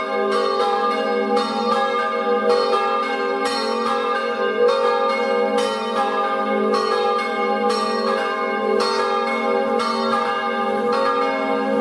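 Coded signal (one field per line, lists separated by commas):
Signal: bell signal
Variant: Friulian battiore and dopli ringing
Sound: several church bells ringing continuously in overlapping swinging strikes, rich ringing tones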